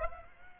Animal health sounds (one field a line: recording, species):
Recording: mosquito wingbeat signal from an infrared sensor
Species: Aedes aegypti